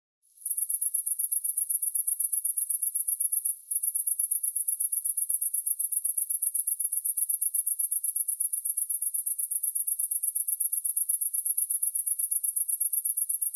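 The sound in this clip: Cricket giving a steady, very high-pitched pulsed trill, fast and even throughout, with one brief break early on.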